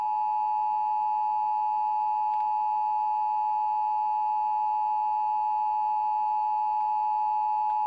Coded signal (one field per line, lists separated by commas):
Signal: Emergency Alert System (SAME) tones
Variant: 853 and 960 Hz attention tone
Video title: Required Monthly Test on WGN-TV (EAS #944) 2/7/17